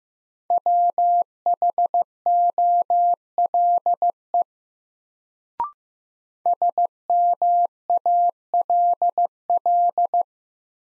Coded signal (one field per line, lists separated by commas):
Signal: Morse code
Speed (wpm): 15 wpm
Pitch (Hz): 700 Hz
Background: none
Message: WHOLE SMALL